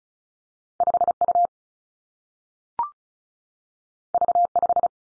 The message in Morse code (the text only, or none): 5 U V 5